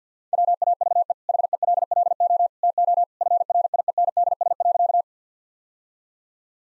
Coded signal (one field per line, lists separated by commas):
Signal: Morse code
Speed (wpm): 47 wpm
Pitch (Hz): 700 Hz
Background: none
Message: WAVE HELLO TO FRIENDS.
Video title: Easy Sentences with Hints - 50wpm